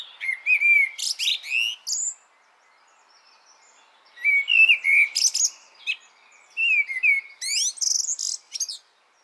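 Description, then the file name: Common blackbird song: phrases opening with low fluted warbling notes and ending in high, squeaky twittering, separated by pauses. "Turdus merula"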